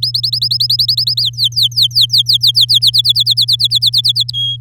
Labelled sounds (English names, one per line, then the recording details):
Domestic Canary song
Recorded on 9 May 2018 at 06:06
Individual llb16